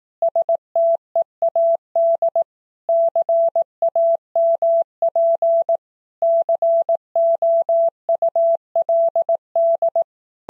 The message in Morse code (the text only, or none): STEAD CAMP COULD